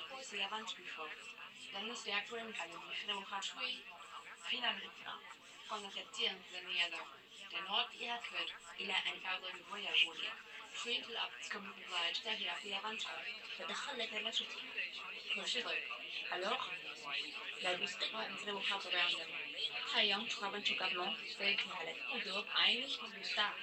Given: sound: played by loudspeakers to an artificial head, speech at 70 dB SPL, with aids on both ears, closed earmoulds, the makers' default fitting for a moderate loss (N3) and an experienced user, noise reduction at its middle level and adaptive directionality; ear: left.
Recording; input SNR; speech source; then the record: speech test signal (ISTS) in cocktail-party noise; +6 dB; on the right (90 degrees)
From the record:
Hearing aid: class 1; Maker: I